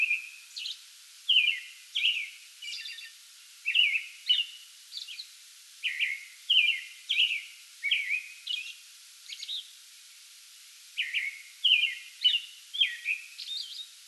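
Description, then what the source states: American robin delivering steady liquid caroling phrases with faint high notes between them, then a silent pause of over a second before singing again. Pre-dawn song bout recorded 8 May 2022.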